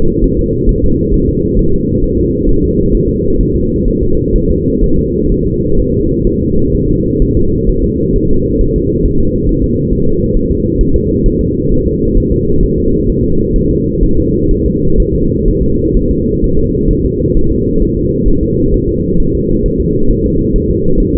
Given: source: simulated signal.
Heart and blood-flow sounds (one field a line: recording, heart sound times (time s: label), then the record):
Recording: fetal heart sounds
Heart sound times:
0.24 s: S1
0.39 s: S2
0.69 s: S1
0.84 s: S2
1.14 s: S1
1.29 s: S2
1.59 s: S1
1.74 s: S2
2.04 s: S1
2.19 s: S2
2.49 s: S1
2.64 s: S2
2.94 s: S1
3.09 s: S2
3.41 s: S1
3.55 s: S2
3.88 s: S1
4.03 s: S2
4.36 s: S1
4.50 s: S2
4.84 s: S1
4.99 s: S2
5.32 s: S1
5.46 s: S2
5.79 s: S1
5.94 s: S2
6.27 s: S1
6.42 s: S2
6.74 s: S1
6.89 s: S2
7.22 s: S1
7.37 s: S2
7.69 s: S1
7.84 s: S2
8.16 s: S1
8.31 s: S2
8.61 s: S1
8.76 s: S2
9.05 s: S1
9.20 s: S2
9.49 s: S1
9.64 s: S2
9.93 s: S1
10.07 s: S2
10.37 s: S1
10.51 s: S2
10.81 s: S1
10.96 s: S2
11.26 s: S1
11.41 s: S2
11.72 s: S1
11.86 s: S2
12.17 s: S1
12.32 s: S2
12.63 s: S1
12.78 s: S2
13.10 s: S1
13.24 s: S2
13.56 s: S1
13.71 s: S2
14.03 s: S1
14.18 s: S2
14.51 s: S1
14.66 s: S2
15.00 s: S1
15.15 s: S2
15.48 s: S1
15.63 s: S2
15.96 s: S1
16.11 s: S2
16.44 s: S1
16.59 s: S2
16.91 s: S1
17.05 s: S2
17.37 s: S1
17.52 s: S2
17.82 s: S1
17.97 s: S2
18.28 s: S1
18.43 s: S2
18.74 s: S1
18.89 s: S2
19.20 s: S1
19.35 s: S2
19.66 s: S1
19.80 s: S2
20.11 s: S1
20.26 s: S2
20.56 s: S1
20.70 s: S2
21.00 s: S1
21.15 s: S2
From the record:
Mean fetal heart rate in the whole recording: 130 bpm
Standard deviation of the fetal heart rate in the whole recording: 4 bpm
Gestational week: 38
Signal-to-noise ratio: -16.4 dB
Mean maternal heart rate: 72 bpm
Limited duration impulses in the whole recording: present